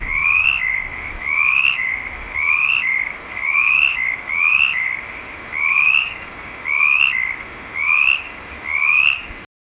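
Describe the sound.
Frog calling: a rising note followed by a short lower tone, repeated steadily about once a second, nine calls over steady background noise.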